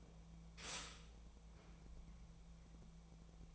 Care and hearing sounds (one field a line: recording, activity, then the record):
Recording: daily activity, microphone in the room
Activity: stop toaster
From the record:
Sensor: 1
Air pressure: 1000.3 hPa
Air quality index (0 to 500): 155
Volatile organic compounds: 3 ppm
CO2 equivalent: 1454 ppm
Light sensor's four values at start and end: 30/74/31/37 and 30/74/31/37